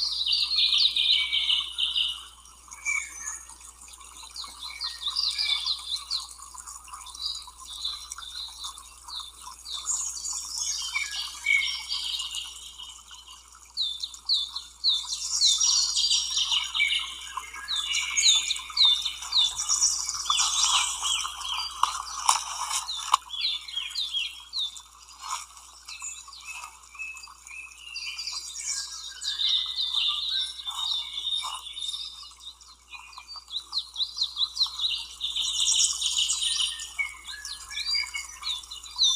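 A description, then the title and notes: Birds chirp and sing continuously, many calls overlapping in a dense, bright chorus of quick tweets and trills. The activity swells around the middle and again near the end, with a steady low hum underneath throughout. Sounds of birds in nature. Nature birds.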